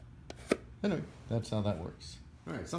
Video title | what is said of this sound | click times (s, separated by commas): BEMER info, new user | and you can turn it, it'll lock in place. | 0.3 s, 0.5 s